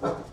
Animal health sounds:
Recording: pig call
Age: growing-finishing pig (85 days or more)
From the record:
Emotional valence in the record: positive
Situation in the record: run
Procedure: transit

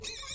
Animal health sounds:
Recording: pig call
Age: weaner (32 to 43 days)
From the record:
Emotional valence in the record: negative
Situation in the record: novel object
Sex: female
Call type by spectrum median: high-frequency call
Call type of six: high-frequency stable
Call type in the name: high-frequency stable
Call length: 0.34 s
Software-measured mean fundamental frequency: 366 Hz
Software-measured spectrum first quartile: 2649 Hz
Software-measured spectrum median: 4500 Hz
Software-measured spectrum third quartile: 6982 Hz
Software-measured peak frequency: 3756 Hz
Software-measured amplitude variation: 101 dB a second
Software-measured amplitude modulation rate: 20.4 a second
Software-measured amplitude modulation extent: 5.0 dB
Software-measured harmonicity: 4.4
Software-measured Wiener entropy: -2.25

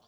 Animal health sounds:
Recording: pig call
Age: piglet (1 to 25 days)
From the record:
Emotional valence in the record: positive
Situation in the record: short reunion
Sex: male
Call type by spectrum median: low-frequency call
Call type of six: low-frequency stable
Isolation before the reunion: 3 minutes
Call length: 0.08 s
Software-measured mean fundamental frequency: 70 Hz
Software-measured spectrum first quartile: 659 Hz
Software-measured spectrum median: 1774 Hz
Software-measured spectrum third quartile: 4778 Hz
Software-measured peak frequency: 720 Hz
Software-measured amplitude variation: 36 dB a second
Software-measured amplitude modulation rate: 6.2 a second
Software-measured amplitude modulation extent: 5.8 dB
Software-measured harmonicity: -0.3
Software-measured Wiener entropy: -1.66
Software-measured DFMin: 1121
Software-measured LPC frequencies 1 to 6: 731, 3339, 4514, 5504, 7124, 8832 Hz

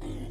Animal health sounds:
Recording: pig call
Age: weaner (32 to 43 days)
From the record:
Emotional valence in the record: negative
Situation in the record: negative conditioning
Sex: female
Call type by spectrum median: low-frequency call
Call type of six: low-frequency stable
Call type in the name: low-frequency stable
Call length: 0.31 s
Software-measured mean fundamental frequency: 50 Hz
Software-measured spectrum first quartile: 57 Hz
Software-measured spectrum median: 190 Hz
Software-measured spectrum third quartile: 438 Hz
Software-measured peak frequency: 315 Hz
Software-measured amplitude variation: 87 dB a second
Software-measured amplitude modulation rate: 35.4 a second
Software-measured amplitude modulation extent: 2.4 dB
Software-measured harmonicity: -1.0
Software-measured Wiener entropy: -0.18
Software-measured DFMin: 1538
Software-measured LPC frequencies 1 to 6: 330, 2052, 3192, 3642, 4852, 6568 Hz

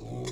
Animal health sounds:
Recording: pig call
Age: weaner (32 to 43 days)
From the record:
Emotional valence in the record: negative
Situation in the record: novel object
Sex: female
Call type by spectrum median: low-frequency call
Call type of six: mixed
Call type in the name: high-frequency modulated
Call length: 0.31 s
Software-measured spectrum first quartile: 218 Hz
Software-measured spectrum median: 524 Hz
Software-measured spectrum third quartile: 2833 Hz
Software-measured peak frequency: 374 Hz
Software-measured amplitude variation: 85 dB a second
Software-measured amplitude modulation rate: 33.8 a second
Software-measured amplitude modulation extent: 2.5 dB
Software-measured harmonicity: 0.5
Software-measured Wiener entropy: -4.01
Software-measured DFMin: 788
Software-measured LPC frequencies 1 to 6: 359, 2115, 3423, 3998, 5009, 5646 Hz

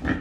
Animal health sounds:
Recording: pig call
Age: growing-finishing pig (85 days or more)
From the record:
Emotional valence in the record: negative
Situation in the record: barren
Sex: female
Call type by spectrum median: low-frequency call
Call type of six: low-frequency modulated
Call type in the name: low-frequency modulated, not sure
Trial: 1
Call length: 0.21 s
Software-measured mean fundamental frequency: 63 Hz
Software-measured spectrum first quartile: 218 Hz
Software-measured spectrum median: 479 Hz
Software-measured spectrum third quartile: 1544 Hz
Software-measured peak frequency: 268 Hz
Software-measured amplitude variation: 150 dB a second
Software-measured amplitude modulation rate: 16.8 a second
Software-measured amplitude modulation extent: 9.0 dB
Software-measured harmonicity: 1.4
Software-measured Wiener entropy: -1.79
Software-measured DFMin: 947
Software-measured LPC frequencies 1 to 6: 313, 1342, 1783, 3133, 5641, 6412 Hz

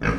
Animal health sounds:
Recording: pig call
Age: growing-finishing pig (85 days or more)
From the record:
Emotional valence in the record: negative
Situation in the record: barren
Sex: male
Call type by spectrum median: low-frequency call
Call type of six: low-frequency modulated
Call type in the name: low-frequency modulated, not sure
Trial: 2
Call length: 0.19 s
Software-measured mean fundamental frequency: 53 Hz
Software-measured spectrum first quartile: 201 Hz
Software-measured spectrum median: 600 Hz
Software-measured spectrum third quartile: 1623 Hz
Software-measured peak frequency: 161 Hz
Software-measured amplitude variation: 108 dB a second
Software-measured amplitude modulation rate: 12.9 a second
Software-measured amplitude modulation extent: 8.3 dB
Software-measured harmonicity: -1.0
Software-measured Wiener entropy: -1.45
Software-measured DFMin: 752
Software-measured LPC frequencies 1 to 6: 1401, 2402, 4561, 5559, 6011, 7762 Hz

